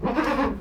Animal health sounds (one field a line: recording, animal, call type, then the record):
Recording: contact call of a hoofed animal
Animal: goat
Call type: low-frequency (closed-mouth) or high-frequency (open-mouth) call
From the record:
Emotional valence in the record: positive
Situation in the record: food anticipation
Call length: 0.61 s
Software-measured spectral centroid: 1580 Hz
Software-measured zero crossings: 1310 a second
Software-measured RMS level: -24 dBFS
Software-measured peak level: -11 dBFS